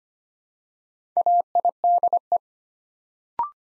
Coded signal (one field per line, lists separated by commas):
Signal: Morse code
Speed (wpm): 25 wpm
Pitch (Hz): 700 Hz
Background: none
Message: AIDE